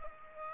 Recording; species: mosquito wingbeat signal from an infrared sensor; Aedes aegypti